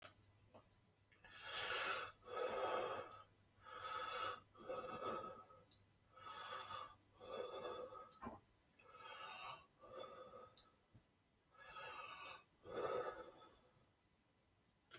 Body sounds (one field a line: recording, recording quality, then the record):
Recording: deep breathing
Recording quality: excellent, no background noise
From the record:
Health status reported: healthy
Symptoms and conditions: none ticked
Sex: male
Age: 56 years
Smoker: not ticked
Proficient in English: yes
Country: France